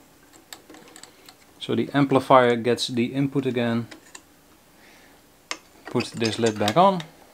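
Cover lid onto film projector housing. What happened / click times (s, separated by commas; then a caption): The cover lid is being handled but has not yet seated / none. The cover lid of a vintage Bauer T22 film projector is handled for putting back onto the projector housing after maintenance, with light ticks and taps of handling around it, a sharper tick at 5.5 s, and someone talking. The lid has not seated or snapped on yet.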